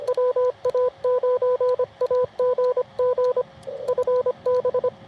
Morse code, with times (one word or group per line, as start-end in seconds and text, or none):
0.1-3.4 WA9AGG
3.9-4.9 FB